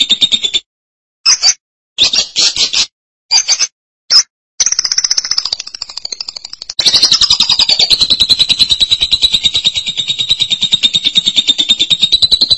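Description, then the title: Lovebird chatter: several short high squeaky bursts with gaps, then a long buzzy trill, rapid and harsh, dipping slightly and levelling off. "BM Suara Burung Lovebird"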